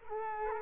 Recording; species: mosquito wingbeat signal from an infrared sensor; Culex quinquefasciatus